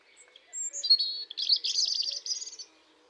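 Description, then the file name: European robin delivers a pure high whistle followed by a long, buzzy, fluttering trill that holds steady for over a second. "Erithacus rubecula"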